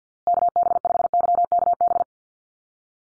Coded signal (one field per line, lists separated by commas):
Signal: Morse code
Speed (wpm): 50 wpm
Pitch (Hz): 700 Hz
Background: none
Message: KB5YKB